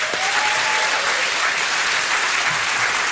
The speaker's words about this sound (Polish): Jest to dla nas wielkie wyzwanie i dziękujemy, że jesteście Państwo tak wspaniali. Naprawdę, wielkie brawa dla Was.